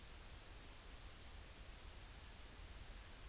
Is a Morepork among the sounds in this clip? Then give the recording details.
no. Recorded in New Zealand on 30 April 2013. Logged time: 02:19. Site Ponui